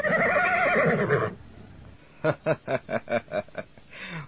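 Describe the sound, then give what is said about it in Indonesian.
A flying horse, being brought to a palace, neighs loudly with a long, wavering high whinny, then a rapid series of about eight short, rhythmic snorting bursts that fade out at the end. “Dengan bantuan Kelinci, akhirnya Ragil dapat membawa kuda terbang itu ke istana.”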